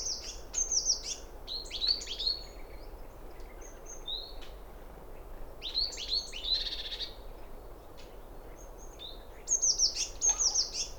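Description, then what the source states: Tits singing: bursts of high, thin, rapidly repeated chirping notes come in short phrases separated by quiet gaps, over a low steady background hiss. Coal and blue tits singing despite being disturbed, during a warm sunny spell; Val Maravel, 29 January 2013; recorded with Nagra LB and Telinga P7.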